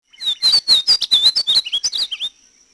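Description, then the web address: Painted bunting song: a quick, sweet warbling phrase of many high, slurred notes lasting just over two seconds, then silence. "Peterson North American Birds. pabu"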